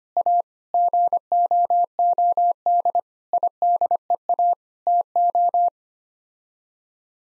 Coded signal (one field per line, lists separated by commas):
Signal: Morse code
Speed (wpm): 25 wpm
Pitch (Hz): 700 Hz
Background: none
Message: A GOOD IDEA TO